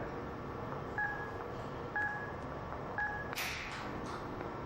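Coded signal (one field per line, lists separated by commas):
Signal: speaking clock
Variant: Telecom Australia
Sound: three short pips, one per second, over line hiss, then a burst of noise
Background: telephone line hiss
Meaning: The third pip marks the exact announced time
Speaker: at the third Str it will be 1124 and 50 seconds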